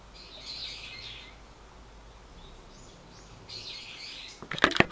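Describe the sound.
Bird giving two high twittering phrases a few seconds apart, then a burst of loud sharp clattering knocks at the end.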